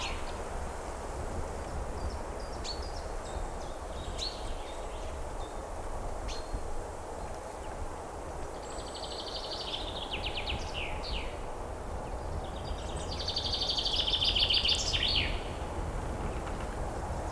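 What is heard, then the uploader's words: Steady rain in a forest hisses evenly throughout, a dense wash with a deep low rumble underneath. Birds call over it, with thin chirps scattered early and fuller trilling bursts around nine to ten seconds and again near fourteen seconds. Rain in Forest White Noise. Rainstorm.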